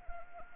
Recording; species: mosquito wingbeat signal from an infrared sensor; Anopheles arabiensis